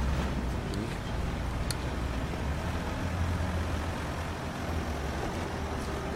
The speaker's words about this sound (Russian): Колонна военных машин приближается к позиции, но проезжает мимо.